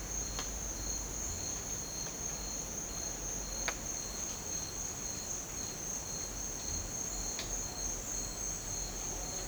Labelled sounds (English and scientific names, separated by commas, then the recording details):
none
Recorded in dense forest near Puerto Asís, Putumayo, Colombia, on 19 March 2025 at 08:00
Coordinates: 0.500, -76.322
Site GP06